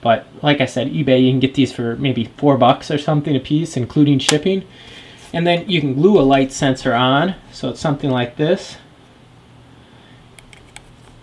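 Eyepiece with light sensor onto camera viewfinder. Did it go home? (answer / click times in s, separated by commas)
yes / 10.8 s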